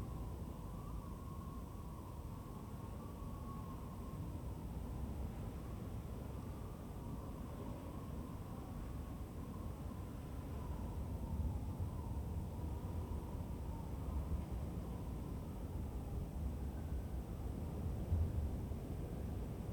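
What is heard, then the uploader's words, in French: Wind in Mongolia roars steadily for the whole stretch, a dense low rumble with buffeting gusts that swell slightly after the midpoint. A faint thin whistling tone hovers above the rumble throughout, and a brief stronger gust thumps near the end. Pays des 1000 vents - la Mongolie. Dans un même lieu, si peu d'arbres pour les stopper, les vents y passent qu'ils soient doux, légers, tonitruant.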